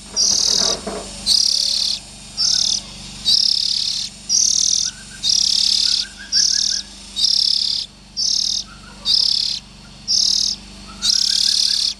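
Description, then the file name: Oriental magpie-robin buzzy calls, high grating bursts repeated about every second, some faint lower twittering notes audible in the gaps. Young birds. "Tieng chim chich choe than non"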